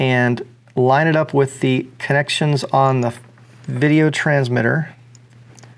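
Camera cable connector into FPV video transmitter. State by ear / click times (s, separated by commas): seated / 5.6 s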